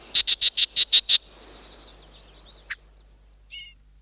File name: yellowbreastedchat